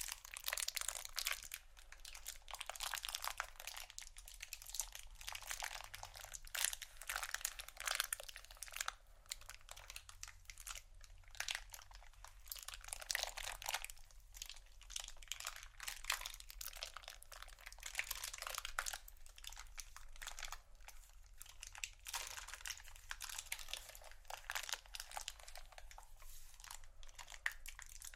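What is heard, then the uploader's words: Dense crinkling and scratching of plastic or vinyl fills the clip, a steady run of quick bright rustles and crunchy bursts with no pauses. Sounds stay hissy, with a faint low hum underneath. Vinyl,plastic,bristles,tap,crinkle,scratching,glass,etc.(No Talking).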